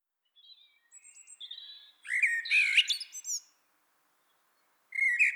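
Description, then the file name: Eurasian blackbird: soft thin notes lead into a loud fluted warble with high chattering, then a new phrase begins after a pause. "Turdus merula"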